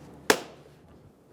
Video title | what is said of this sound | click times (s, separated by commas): How to Replace Front Interior Door Handles 2003-2008 Honda Pilot | and then push down till you feel it click in | 0.3 s